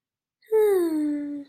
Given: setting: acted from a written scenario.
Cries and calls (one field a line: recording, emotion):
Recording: vocal sound without words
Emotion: disappointment